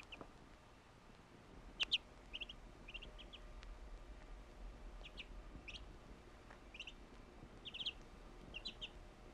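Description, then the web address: Bird chirps: short high notes in small bursts of two to four, scattered throughout with quiet pauses, over a soft low background hum. "Звуки природы - птицы"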